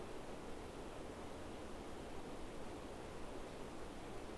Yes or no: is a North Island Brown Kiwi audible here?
no